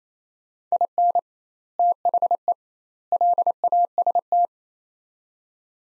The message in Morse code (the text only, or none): IN THE LAST